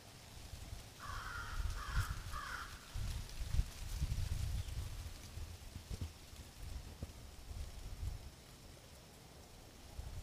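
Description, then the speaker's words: American Crow cawing, three harsh caws in quick succession early on, then quiet, over a steady low rumble with soft patter. American crow cawing; crows often seen in groups. "Did you hear the American crow cawing in the latest nature sound?"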